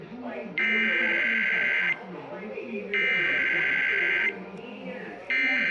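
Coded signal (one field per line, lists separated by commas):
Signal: Emergency Alert System (SAME) tones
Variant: header bursts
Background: speech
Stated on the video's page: Real Required Monthly Test originated by WNYC-FM 93.9 MHz, caught on five different radio stations in New York City.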